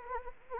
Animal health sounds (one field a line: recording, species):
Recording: mosquito wingbeat signal from an infrared sensor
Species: Anopheles gambiae